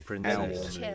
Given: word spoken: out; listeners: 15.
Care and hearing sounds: one English word in noise, from a listening test; four-talker babble; -1.2 dB; 3 of 15; 9 of 15; 0.55 s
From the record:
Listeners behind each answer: 9, 3, 1, 1, 1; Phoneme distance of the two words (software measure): 55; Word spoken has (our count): 1 syllable, 2 phonemes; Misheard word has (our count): 2 syllables, 7 phonemes, stress on syllable 2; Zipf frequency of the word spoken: 6.48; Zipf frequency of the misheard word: 4.47

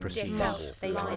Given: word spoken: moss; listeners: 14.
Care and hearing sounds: one English word in noise, from a listening test; four-talker babble; -2.3 dB; 0 of 14; 7 of 14; 0.76 s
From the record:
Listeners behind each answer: 7, 1, 1, 1, 1, 1, 1, 1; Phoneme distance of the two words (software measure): 30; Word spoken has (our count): 1 syllable, 3 phonemes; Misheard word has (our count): 1 syllable, 3 phonemes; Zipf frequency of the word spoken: 3.87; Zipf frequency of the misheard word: 4.94

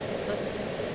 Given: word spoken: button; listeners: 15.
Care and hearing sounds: one English word in noise, from a listening test; speech-shaped noise; -6.6 dB; 3 of 15; 6 of 15; 0.55 s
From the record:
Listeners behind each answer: 6, 3, 1, 1, 1, 1, 1, 1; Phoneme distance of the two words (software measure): 17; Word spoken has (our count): 2 syllables, 4 phonemes, stress on syllable 1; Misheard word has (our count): 2 syllables, 3 phonemes, stress on syllable 1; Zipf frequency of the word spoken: 4.46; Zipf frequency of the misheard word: 3.71

